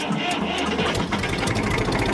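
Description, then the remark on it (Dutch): A small homemade twin-engine motor, with two engines, runs steadily with a busy, rattling mechanical drone and faint rhythmic pulses, holding an even loudness throughout without speech. “Als je goed luistert. Gewoon al. Er zijn dus ook twee motoren.”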